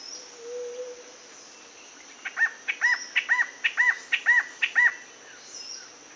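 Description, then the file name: Rio Branco antbird singing a short run of about six evenly spaced arched notes after a quiet start with a faint low whistle. "canto do chororo do rio branco"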